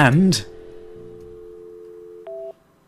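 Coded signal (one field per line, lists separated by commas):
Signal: telephone call progress tone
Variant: North America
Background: speech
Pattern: dial tone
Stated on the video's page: Tone from the game Yesterday.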